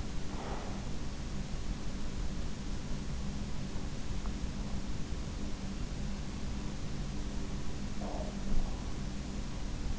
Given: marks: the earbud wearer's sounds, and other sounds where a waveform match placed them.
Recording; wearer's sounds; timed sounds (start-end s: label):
sounds in sleep by an in-ear microphone; breath
0.00-1.14 s: breath
7.71-8.62 s: breath